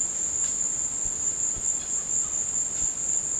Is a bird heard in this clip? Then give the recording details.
no. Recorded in dense forest near Puerto Asís, Putumayo, Colombia, on 22 December 2024 at 15:30. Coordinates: 0.466, -76.327. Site G075